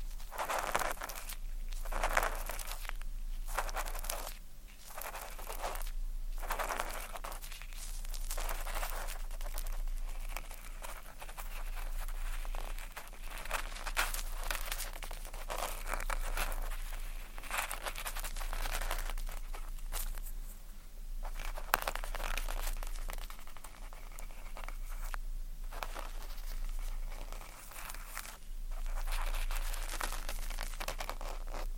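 Ear cleaning sounds made of dense, sticky crackles and crinkling scrapes that come in quick bursts without pause for the whole half minute. The noises are bright and hissy, with short louder flurries every second or two, over a faint steady low hum.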